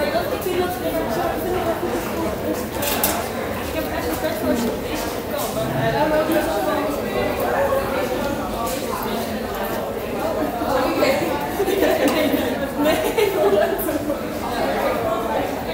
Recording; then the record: background sound without coughing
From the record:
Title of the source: 40 min - Ambience sounds UNIVERSITY lunchroom chatting